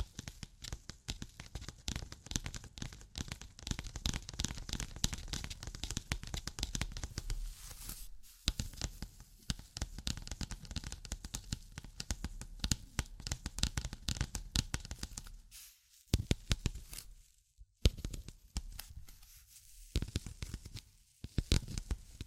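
Dense, fast tapping and scratching crackle steadily for eight seconds, then thin into sparser bursts with brief silences around sixteen and eighteen seconds.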